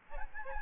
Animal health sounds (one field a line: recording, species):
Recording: mosquito wingbeat signal from an infrared sensor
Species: Aedes albopictus